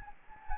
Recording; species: mosquito wingbeat signal from an infrared sensor; Anopheles gambiae